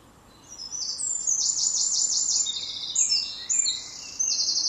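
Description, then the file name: Eurasian wren song, a loud, very high, rapid outpouring of rattling trills and sharp twitters running almost without pause. "Troglodytes troglodytes"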